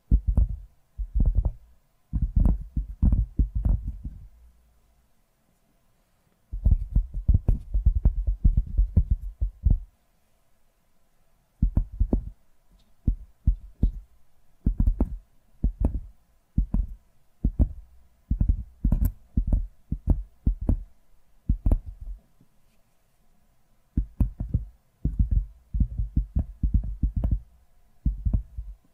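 Tapping triggers in quick, dull bursts, each run a cluster of soft knocks that are mostly low and thumping with brief brighter clicks. Runs stop and start, with short silent gaps near 5, 11 and 24 seconds, and the pace stays fairly steady.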